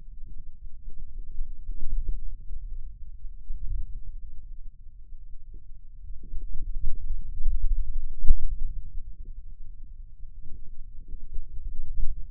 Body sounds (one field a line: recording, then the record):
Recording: forearm muscle sounds (acoustic myography)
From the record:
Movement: hand closing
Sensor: system 2, bracelet of six BSWA MPA416 microphones around the upper forearm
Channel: 1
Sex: male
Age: 22 years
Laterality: right